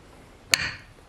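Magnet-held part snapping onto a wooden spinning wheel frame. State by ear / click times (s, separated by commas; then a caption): seated / 0.5 s. A magnet-held part of a wooden Spinolution King Bee spinning wheel is pressed back onto the frame during reassembly. At 0.5 s it snaps into place with a single sharp, loud snap and a short ringing tail. The part is seated, confirmed by the magnet's snap.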